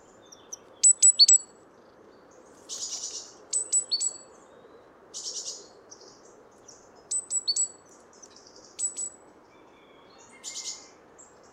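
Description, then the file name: Great tit calling in brief bursts of thin, high clicking and chittering notes, separated by short pauses, over faint low background noise. "Parus major"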